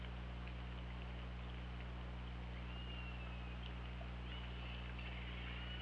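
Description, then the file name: Killer whale calls underwater: a few thin, drawn-out tonal calls gliding in pitch, over a steady low hum and scattered clicks. Recorded on the OrcaLab hydrophone, 24 August 2017, around 20:52. "Orca Lab UTLN JASON 20170824 205203"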